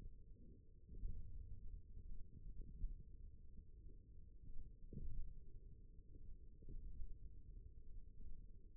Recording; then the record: forearm muscle sounds (acoustic myography)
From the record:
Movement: finger pinch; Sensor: system 1, eight BSWA MPA416 microphones around the upper forearm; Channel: 4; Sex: male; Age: 28 years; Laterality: right